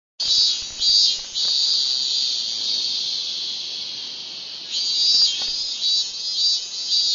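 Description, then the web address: Min-min cicada song, a strident high buzz that starts abruptly with a few louder pulses, holds steady, then pulses again several times toward the end. "~kohsei hotaru ikimono doubutu minminzemi"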